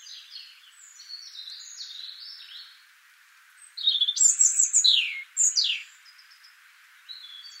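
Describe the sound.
European robin delivering a soft, high warble that gives way to a louder phrase of falling, sliding whistles.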